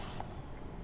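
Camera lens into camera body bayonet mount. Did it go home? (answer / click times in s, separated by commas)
no / none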